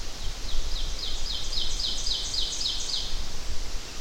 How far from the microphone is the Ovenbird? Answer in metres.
about 40 m